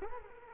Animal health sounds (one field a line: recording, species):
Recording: mosquito wingbeat signal from an infrared sensor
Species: Culex quinquefasciatus